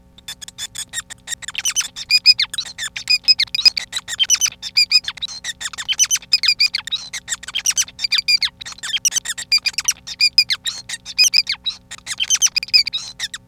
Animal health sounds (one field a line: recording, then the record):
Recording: song of a male Bengalese finch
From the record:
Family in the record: son of father 5